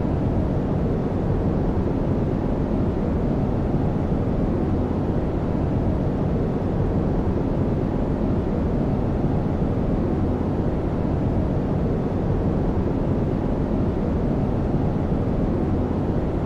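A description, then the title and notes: Brown noise plays as a steady, dense rumble, heavy in the low end and thinning out toward the top with little hiss. Nothing changes across the sixteen seconds: no events, no swells, just an even wash of deep sound like an engine. Brown Noise Sounds.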